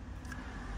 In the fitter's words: okay I fitted the new one you do have to click it down don't know if you heard the click